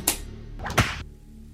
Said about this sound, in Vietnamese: kèm theo hai tiếng roi xé gió vung vút đánh vào người con bé Lý